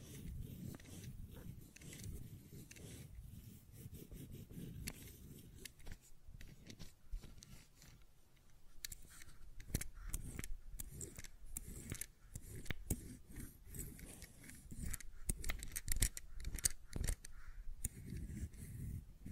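Tapping and clicking on a fidget cube, with sharp clicks arriving in irregular bursts, sometimes several in quick succession, throughout the full nineteen seconds. Between clicks there is a soft rubbing, scraping texture and a low rumble, and the activity grows denser toward the end.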